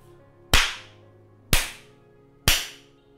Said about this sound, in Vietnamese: Ba cái tát rất mạnh từ Abel vào mông của Lan Anh. Những cái tát đầy bạo lực đến từ bàn tay gân guốc đầy cơ bắp.